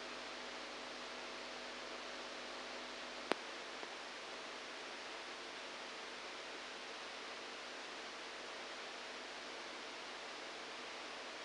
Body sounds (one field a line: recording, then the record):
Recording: brain microelectrode recording played as sound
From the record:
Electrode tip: outside the subthalamic nucleus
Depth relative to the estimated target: 0 mm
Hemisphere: right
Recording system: NeuroSet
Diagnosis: Parkinson's disease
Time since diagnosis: 7 years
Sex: male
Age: 69 years